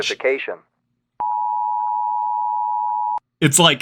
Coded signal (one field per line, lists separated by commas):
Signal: Emergency Alert System (SAME) tones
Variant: 853 and 960 Hz attention tone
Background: speech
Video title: Exploring Terrifying EAS Scenarios